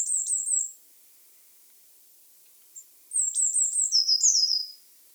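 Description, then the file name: Eurasian blue tit repeating high thin notes, pausing, then a longer sequence of high notes running into a rapid descending trill. "Cyanistes caeruleus"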